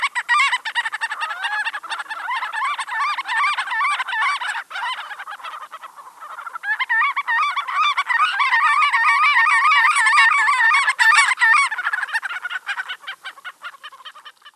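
Marbled godwit calls, a dense chorus of rapid, wavering yelping notes overlapping continuously, briefly easing midway before building again.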